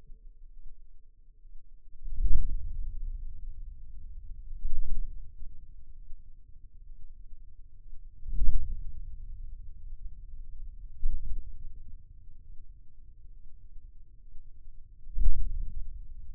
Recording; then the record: forearm muscle sounds (acoustic myography)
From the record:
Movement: hand closing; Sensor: system 2, bracelet of six BSWA MPA416 microphones around the upper forearm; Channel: 6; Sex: male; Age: 22 years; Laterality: right